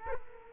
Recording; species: mosquito wingbeat signal from an infrared sensor; Culex quinquefasciatus